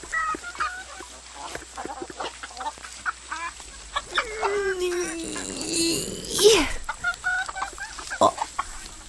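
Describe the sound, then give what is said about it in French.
Hens cluck in a henhouse at egg-laying time, a busy run of short, clipped clucks broken midway by a longer, falling squawk and a sharp, shrill cackle before the clucking resumes. “Au poulailler, c'est l'heure de la ponte.”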